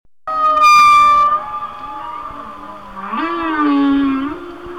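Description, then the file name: Whale song, a long harmonic tonal moan followed by a lower gliding note that rises and swells, rich overtones throughout. "Whale Songs- Mike Mc Donald"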